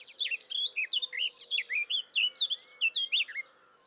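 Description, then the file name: Eurasian blackcap song, a rapid run of clear whistled and warbled notes sweeping between high and mid pitch, lasting over three seconds before stopping. "Sylvia atricapilla"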